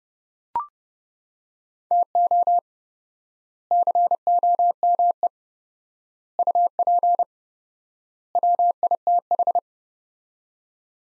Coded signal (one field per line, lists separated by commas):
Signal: Morse code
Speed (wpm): 30 wpm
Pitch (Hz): 700 Hz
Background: none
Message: TO COME UP WITH